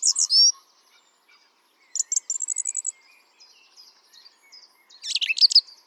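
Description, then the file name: Song thrush with bright high notes, a quickly repeated ticking series and a complex chattering phrase. "Turdus philomelos"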